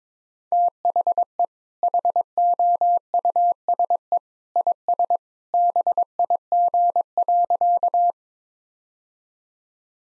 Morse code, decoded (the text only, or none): THE HOUSE IS BIG.